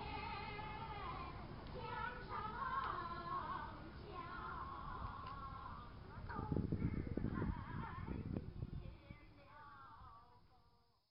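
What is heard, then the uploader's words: Women sing together outdoors in wavering, sustained tones over a low rumble, with a flurry of clattering knocks midway before voices fade. A group of women practicing singing together near the Chinese Rose Garden in the Temple of Heaven Park in central Beijing, China.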